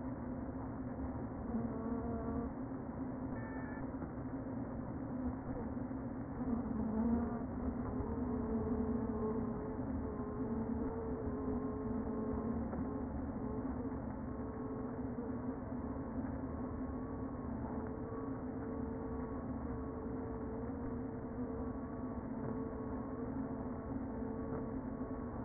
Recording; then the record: honeybee colony, microphone inside the hive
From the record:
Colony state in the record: queen present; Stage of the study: before two queens were removed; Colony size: about 60,000 bees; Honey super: yes